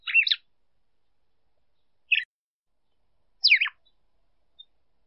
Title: Canto Galo Campina Fêmea. ESQUENTE SEU GALO DE CAMPINA COM ESSA FÊMEA CHAMANDO MUITO